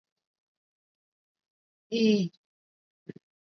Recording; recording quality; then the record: sustained vowel as in beet; excellent, no background noise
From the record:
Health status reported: healthy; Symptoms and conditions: none ticked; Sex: female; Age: 18 years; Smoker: not ticked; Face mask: not worn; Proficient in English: yes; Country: India